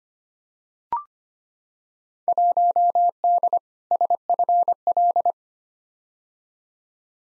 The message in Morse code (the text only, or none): 1D SFL